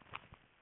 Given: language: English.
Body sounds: throat vibration sensor signal played as sound; swallow

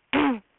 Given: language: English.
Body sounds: throat vibration sensor signal played as sound; throat clearing

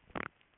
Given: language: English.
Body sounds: throat vibration sensor signal played as sound; swallow

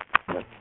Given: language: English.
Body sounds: throat vibration sensor signal played as sound; cough

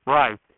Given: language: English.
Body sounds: throat vibration sensor signal played as sound; speech

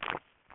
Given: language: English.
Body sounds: throat vibration sensor signal played as sound; swallow

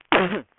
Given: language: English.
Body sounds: throat vibration sensor signal played as sound; cough

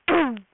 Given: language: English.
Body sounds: throat vibration sensor signal played as sound; throat clearing

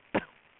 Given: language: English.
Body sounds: throat vibration sensor signal played as sound; cough

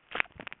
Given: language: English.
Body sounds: throat vibration sensor signal played as sound; swallow

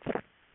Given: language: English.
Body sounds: throat vibration sensor signal played as sound; swallow

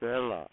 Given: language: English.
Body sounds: throat vibration sensor signal played as sound; speech

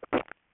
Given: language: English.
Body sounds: throat vibration sensor signal played as sound; swallow

